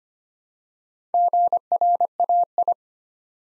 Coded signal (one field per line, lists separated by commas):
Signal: Morse code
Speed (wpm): 25 wpm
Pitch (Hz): 700 Hz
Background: none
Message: GRAI